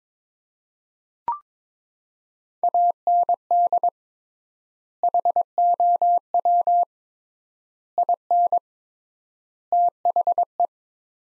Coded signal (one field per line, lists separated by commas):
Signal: Morse code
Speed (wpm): 22 wpm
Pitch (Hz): 700 Hz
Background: none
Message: AND HOW IN THE